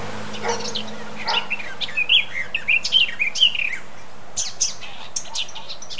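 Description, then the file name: Eurasian blackcap song: rapid, varied whistled and chattering notes, somewhat blurred, with a low droning hum underneath. "Sylvia atricapilla"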